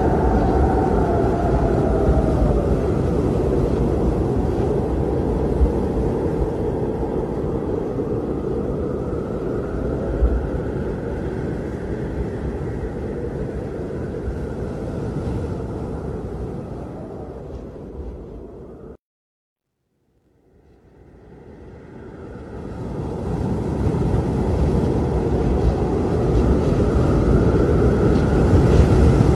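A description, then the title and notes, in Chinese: Wind roars on a snowy night as a dense, deep, steady rush, with a faint whistling tone riding above it. The roar slowly eases, cuts out abruptly to silence near 19 seconds, then swells back to full strength by the end. 风雪之夜。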